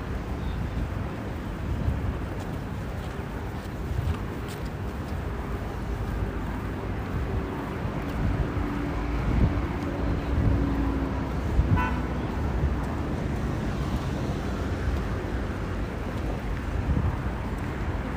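A bus ride, with a steady low engine rumble and road noise filling the whole clip at an even level. Faint shifting tones drift underneath, and a brief brighter clatter stands out around twelve seconds.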